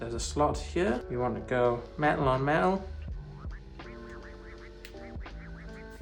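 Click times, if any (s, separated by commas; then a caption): none. An SD card is fed metal-contacts first into a camera's card slot but is not yet fully pushed home. Someone talks for the first three seconds, then a steady, tonal, music-like sound continues, with a brief sharp sound near 4.9 s. The card has not seated or clicked yet.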